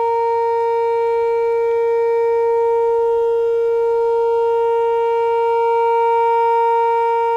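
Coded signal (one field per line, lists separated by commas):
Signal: siren signal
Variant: motor siren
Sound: loud steady droning siren tone held at constant pitch throughout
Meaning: Sounded as the 6 a.m. time signal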